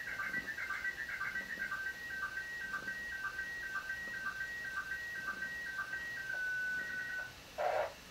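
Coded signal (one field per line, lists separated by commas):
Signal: SSTV (slow-scan television)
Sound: warbling tone between two pitches with regular short low blips, then a noise burst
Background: radio static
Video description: Recording Slow Scan TV images from the International Space Station over Amateur Radio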